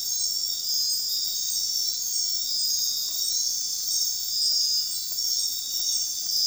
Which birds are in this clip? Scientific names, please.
none